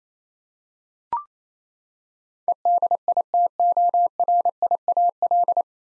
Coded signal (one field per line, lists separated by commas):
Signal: Morse code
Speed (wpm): 28 wpm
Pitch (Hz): 700 Hz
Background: none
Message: EDITORIAL